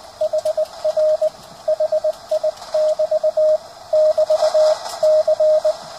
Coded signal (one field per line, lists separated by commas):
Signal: Morse code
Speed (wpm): 20 wpm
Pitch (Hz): 620 Hz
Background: radio noise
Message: HR HI <BT> <BT> C